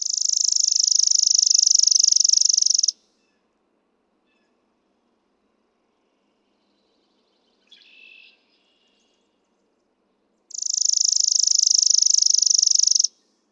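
Chipping Sparrow song, two fast mechanical trills of high dry chips about eight seconds apart, with a brief faint high note between them.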